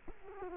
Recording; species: mosquito wingbeat signal from an infrared sensor; Culex quinquefasciatus